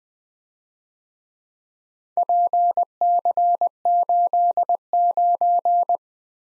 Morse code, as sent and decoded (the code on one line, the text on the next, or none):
.--. -.-. ---.. ----.
PC89